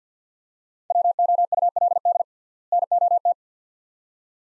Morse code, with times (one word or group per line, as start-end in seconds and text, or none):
0.9-2.2 WOULD
2.7-3.3 NOT